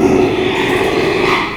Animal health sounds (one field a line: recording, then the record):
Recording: squeal of a Yucatan mini pig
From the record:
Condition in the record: after surgery on the right vocal fold (resection and tissue-engineered implant)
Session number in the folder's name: 1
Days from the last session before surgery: 6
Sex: male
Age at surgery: 12 weeks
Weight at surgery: 13 kg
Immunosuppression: cyclosporine, prednisolone